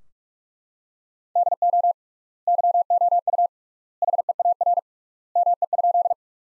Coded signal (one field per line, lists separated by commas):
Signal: Morse code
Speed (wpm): 44 wpm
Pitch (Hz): 700 Hz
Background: none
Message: DO YOU HEAR ME?